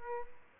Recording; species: mosquito wingbeat signal from an infrared sensor; Aedes aegypti